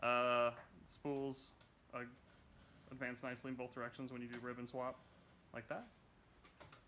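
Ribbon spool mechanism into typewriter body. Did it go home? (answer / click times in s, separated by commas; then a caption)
yes / 6.7 s. The ribbon spool mechanism of a 1955 banana-yellow Royal QDL metal typewriter is lowered back into the typewriter body after a ribbon swap while someone talks. Two small ticks follow near the end, and the mechanism seats with a click at 6.7 s.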